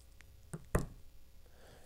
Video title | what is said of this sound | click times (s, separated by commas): Inflatable Paddleboard Fins: Everything you need to know. | It's clicked in place now and it'll stay in the box, but if I hit something, it could come out. | 0.8 s